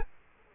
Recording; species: mosquito wingbeat signal from an infrared sensor; Culex quinquefasciatus